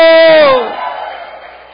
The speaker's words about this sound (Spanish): Oh, dale ese fuerte aplauso al Señor. Aleluya. ¿Cuánto levantan un grito de júbilo?